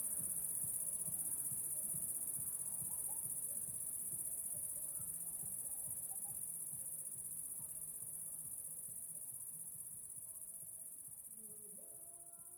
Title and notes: 30430 Saint-Privat-de-Champclos, France - cricket la sabliére. cricket la sabliére Captation : ZOOMH6 + M/S Microphone